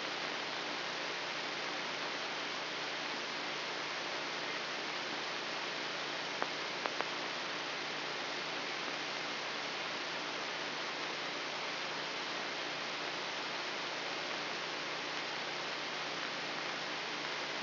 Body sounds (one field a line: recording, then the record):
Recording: brain microelectrode recording played as sound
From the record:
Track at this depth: outside the subthalamic nucleus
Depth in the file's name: 4.906 mm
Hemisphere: left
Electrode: 3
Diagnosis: Parkinson's disease